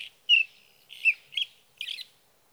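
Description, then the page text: Sage thrasher song in a few short, separate warbled phrases with quiet gaps between them. Male singing at night near his night roost, three nights from June 12 to June 15, 2018, Sierra Valley, California; captured on a Swift recorder. "61. Sage thrasher songs, through the night."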